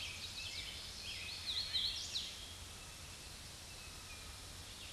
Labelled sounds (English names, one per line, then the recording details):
Hooded Warbler song
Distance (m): 45 m
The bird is about 5 m above the microphone
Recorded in a Pennsylvania forest on 16 May 2024 at 07:07
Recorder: AudioMoth, point MSD-2456
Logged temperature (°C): 16.4 °C
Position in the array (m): 156 m, 120 m